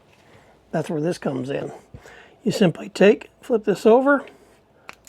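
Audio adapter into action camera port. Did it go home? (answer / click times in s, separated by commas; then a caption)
yes / 4.9 s, 5.1 s. Someone talks, then a 3.5 mm audio adapter is flipped over and plugged into the side port of a DJI Action 5 Pro action camera. Two quick clicks are heard at 4.9 s and 5.1 s as the adapter locks into place.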